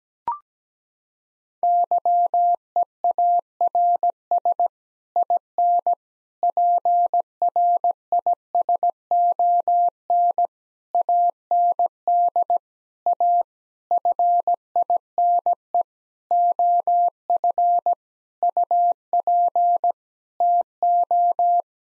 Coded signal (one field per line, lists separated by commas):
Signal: Morse code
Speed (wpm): 17 wpm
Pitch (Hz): 700 Hz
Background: none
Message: YEARS IN PRISON AND A FINE OF UP TO